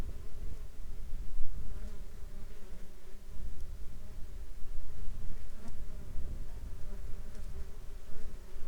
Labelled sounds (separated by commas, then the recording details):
insects
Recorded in the Arctic National Wildlife Refuge, Alaska, on 19 July 2021 at 13:08
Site 33